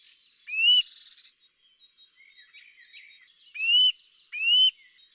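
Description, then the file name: Eurasian nuthatch calling with three bright upward-slurred whistles, one early and two close together near the end, amid soft background twitters. "Sitta europaea"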